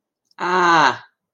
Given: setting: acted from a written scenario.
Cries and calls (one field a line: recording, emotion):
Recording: vocal sound without words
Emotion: realization